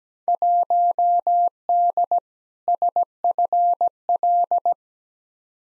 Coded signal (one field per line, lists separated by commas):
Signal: Morse code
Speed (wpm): 17 wpm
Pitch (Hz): 700 Hz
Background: none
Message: 1D SFL